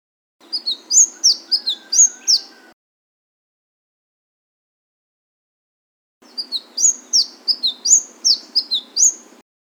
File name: suara kicauan burung madu matari. omkicau